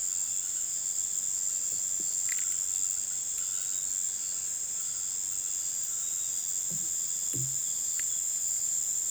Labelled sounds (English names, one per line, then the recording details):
none
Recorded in pastures near Puerto Asís, Putumayo, Colombia, on 27 June 2025 at 18:30
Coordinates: 0.486, -76.323
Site H29